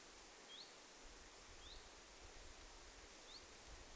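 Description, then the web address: Common chiffchaff, three soft rising whistled calls spaced more than a second apart, over steady faint hiss. Two chiffchaffs giving 'hyit' calls, 21 August 2026. "paivat 21 8 2026 kaksi tiltalttilintua hyit-tiltaltteja"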